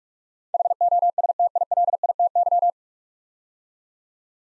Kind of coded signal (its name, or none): Morse code